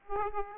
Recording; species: mosquito wingbeat signal from an infrared sensor; Aedes aegypti